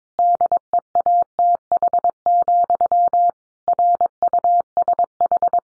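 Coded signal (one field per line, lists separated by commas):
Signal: Morse code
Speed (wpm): 22 wpm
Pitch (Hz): 700 Hz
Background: none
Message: DEATH, RUSH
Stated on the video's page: Morse head-copy practice at 22 wpm, sentences sent in Morse, then spoken, then sent again.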